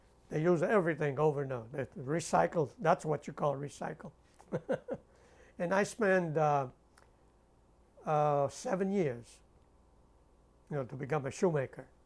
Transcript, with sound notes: They use everything over and over, recycles, that's what you call recycle. ( he laughs ) And I spend, uh, seven years, you know, to become a shoemaker.